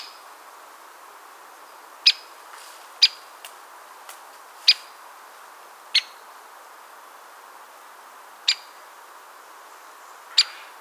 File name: dyatel bolshoy pestryy golos